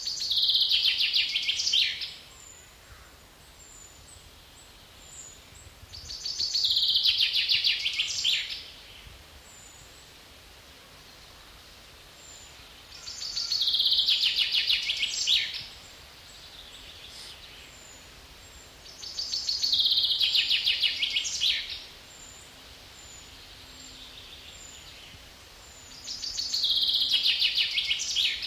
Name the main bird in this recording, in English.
Common Chaffinch